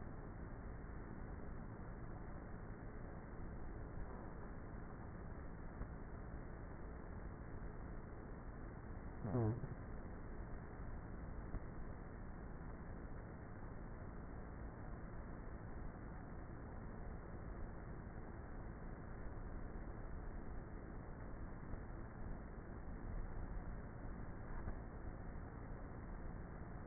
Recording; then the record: honeybee colony, microphone inside the hive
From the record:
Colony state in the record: queenless with a low population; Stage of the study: before two queens were removed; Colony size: about 30,000 bees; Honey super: no